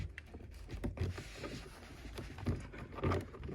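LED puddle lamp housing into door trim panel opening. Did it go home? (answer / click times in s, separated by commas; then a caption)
no / none. A Porsche Tequipment projector LED puddle lamp is handled as it is plugged into its connector and readied to be pressed back into its opening in the underside of the car's plastic door trim panel. Soft handling rustles and a few light knocks are heard, with brief sharper taps near 0.2, 0.8 and 2.2 seconds. Nothing has seated or clicked yet when the clip ends.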